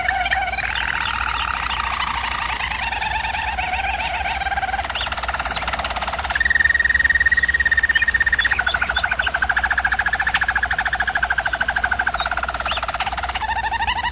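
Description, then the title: German Roller canary song: a series of rolling and rattling tours at shifting pitches, including a bright steady trill in the middle, over faint hum. German Roller canary singing, used for canary training. "German Roller Canary Singing - Canary Training Vid"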